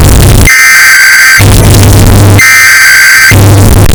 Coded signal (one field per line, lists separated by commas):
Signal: Emergency Alert System (SAME) tones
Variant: header bursts